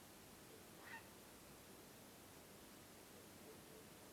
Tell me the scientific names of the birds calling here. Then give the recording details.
Ardea cinerea. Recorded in France